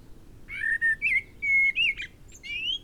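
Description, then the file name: Common blackbird sings one smooth, fluted whistled phrase of several slurred notes, closing with a rising, thinner squeaky note. "Turdus merula"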